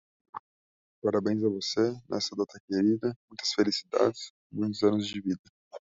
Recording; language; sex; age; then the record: short text; Brazilian Portuguese; male; 20 to 29 years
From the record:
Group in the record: control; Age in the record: 24 years